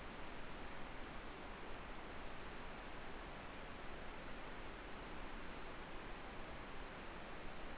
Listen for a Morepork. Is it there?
no